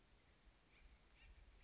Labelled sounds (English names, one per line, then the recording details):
Acorn Woodpecker
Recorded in Sonoma County, California